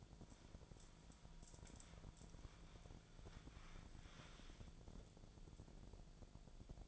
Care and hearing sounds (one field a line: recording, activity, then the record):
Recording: daily activity, microphone in the room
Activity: wipe stove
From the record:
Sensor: 5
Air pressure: 1000.7 hPa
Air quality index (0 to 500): 164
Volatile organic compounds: 2 ppm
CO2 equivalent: 1256 ppm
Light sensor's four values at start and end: 48/101/46/52 and 48/103/47/52